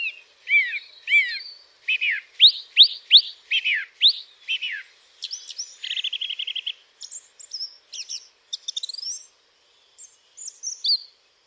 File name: songthrush